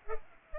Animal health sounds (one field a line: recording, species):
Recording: mosquito wingbeat signal from an infrared sensor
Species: Culex pipiens